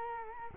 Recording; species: mosquito wingbeat signal from an infrared sensor; Culex quinquefasciatus